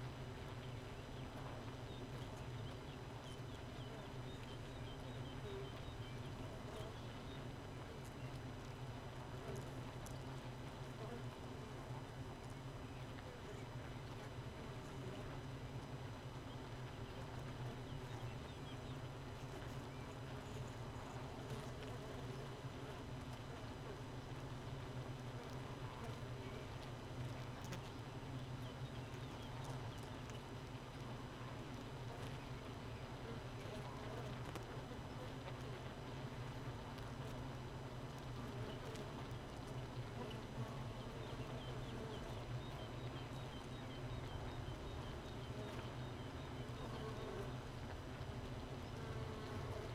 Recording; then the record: honeybee colony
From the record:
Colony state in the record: missing queen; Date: 31 May 2018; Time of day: 4:00